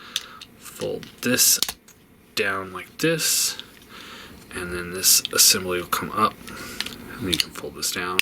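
A plastic leg part of a transforming robot action figure is straightened and brought down during its conversion, locking into the leg assembly with a sharp, short click at 0.2 s. Someone talks through the rest of the clip while handling the figure.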